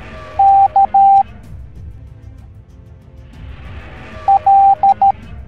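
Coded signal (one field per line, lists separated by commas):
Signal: Morse code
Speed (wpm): 13 wpm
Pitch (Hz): 790 Hz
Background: music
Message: K L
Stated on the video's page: Morse code alphabet lesson for kids set to Minecraft Wither Storm animation.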